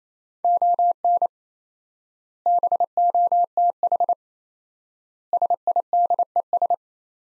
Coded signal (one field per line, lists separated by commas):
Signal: Morse code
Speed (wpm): 27 wpm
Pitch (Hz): 700 Hz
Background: none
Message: ON BOTH SIDES